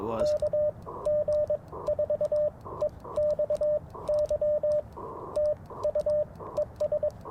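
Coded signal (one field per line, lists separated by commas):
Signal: Morse code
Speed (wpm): 22 wpm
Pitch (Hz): 600 Hz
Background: speech, radio noise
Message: KG4EXY TU ES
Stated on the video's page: Live early-morning QRP CW Parks on the Air activation in a national forest, using an Icom IC-705, Alex Loop antenna and paddle key.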